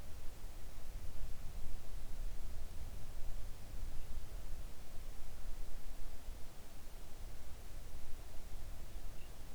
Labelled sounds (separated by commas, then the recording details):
near silence
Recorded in the Arctic National Wildlife Refuge, Alaska, on 3 August 2019 at 05:23
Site 41